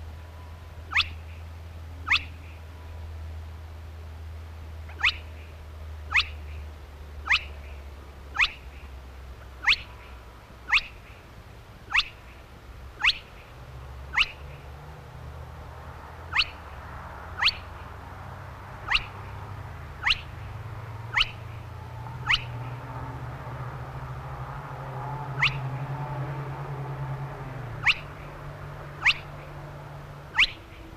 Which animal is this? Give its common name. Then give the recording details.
Spotted Crake. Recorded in the wild. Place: Marburg, Hessen, DE. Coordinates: 50.8089, 8.7725. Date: 1964-06-08 22:00. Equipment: Uher Report 4000, AKG D190. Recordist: Krey, Winfried. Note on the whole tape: Gesang